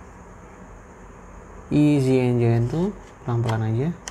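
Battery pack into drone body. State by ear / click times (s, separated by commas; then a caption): not seated / none. A DJI Mavic Mini battery pack is handled and lined up with the drone body's battery bay before being pushed in. Someone talks over a steady low background hum. The battery has not seated and nothing has clicked yet.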